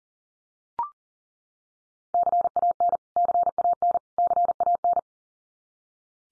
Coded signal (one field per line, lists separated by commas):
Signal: Morse code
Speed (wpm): 40 wpm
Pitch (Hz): 700 Hz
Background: none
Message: CAN CAN CAN